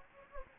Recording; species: mosquito wingbeat signal from an infrared sensor; Anopheles gambiae